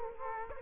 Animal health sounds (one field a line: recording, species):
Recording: mosquito wingbeat signal from an infrared sensor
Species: Culex quinquefasciatus